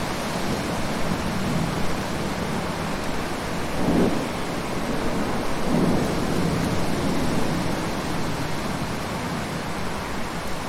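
Heavy rain pours down in a dense, steady hiss that fills the whole clip. Beneath it runs a low rumble of street traffic, with two brief swells around four and six seconds as vehicles seem to pass.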